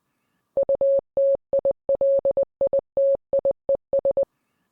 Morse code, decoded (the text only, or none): UTILITIES